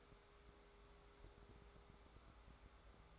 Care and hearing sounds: daily activity, microphone in the room; take from stove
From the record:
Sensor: 3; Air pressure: 1010.3 hPa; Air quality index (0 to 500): 166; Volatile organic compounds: 9 ppm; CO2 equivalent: 2168 ppm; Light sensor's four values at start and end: 50/123/54/61 and 51/125/55/61

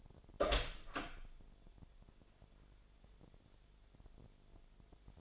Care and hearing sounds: daily activity, microphone in the room; open door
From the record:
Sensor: 5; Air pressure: 1007.6 hPa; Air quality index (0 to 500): 153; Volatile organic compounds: 3 ppm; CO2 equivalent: 1466 ppm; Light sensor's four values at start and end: 58/163/63/63 and 57/161/63/63

